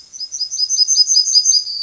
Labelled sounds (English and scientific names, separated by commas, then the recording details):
Yellowhammer (Emberiza citrinella) song
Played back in grassland
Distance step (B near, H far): B
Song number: 058